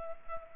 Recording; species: mosquito wingbeat signal from an infrared sensor; Culex pipiens